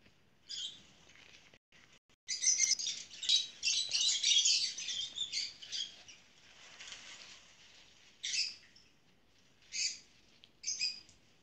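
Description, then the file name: Lovebird giving a few short chirps, then a loud stretch of rapid, scratchy chattering, followed by three separate shrill bursts spaced over the last seconds. "Cennet papagan i sesi"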